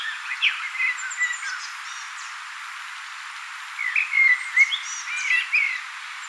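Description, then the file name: Common blackbird song: two mellow, warbling fluted phrases, each ending in thin high twitters, separated by a pause of about two seconds. "Turdus merula"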